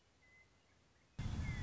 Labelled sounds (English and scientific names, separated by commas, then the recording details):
Western Meadowlark (Sturnella neglecta)
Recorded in Sonoma County, California